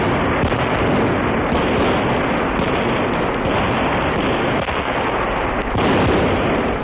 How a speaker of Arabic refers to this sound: حسن، لقد أصبحت دبابات العدو على مرمى نيراننا. إذن أصدر الأمر بإطلاق النار في الحال.